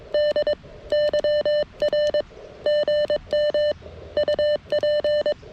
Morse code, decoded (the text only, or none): D YR GM UP